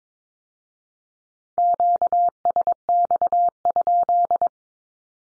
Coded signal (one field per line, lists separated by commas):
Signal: Morse code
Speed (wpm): 22 wpm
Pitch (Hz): 700 Hz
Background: none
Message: QSX?